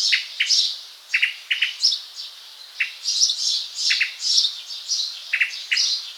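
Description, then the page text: Tickell's thrush calls: short bursts of high chirps and sharp clicks in irregular clusters, with brief gaps between groups. "Tickells Thrush Calls. Quick Sounds"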